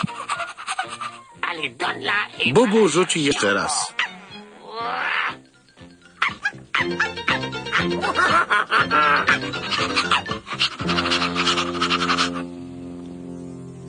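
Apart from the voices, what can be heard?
dog panting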